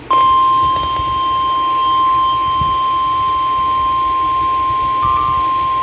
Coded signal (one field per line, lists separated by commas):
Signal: Emergency Alert System (SAME) tones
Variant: 1050 Hz attention tone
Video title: April's Last Severe Weather Bullet | EAS Alerts From 4/30/2022 (EAS #1,423-1,454)